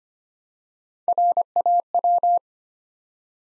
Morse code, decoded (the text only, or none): RAW